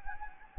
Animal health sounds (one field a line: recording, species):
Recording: mosquito wingbeat signal from an infrared sensor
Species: Anopheles gambiae